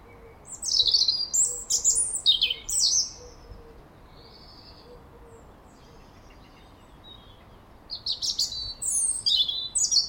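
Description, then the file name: European robin song: a tumbling run of sweet, high warbles and trills, a long pause, then a second sparkling phrase. "Erithacus rubecula"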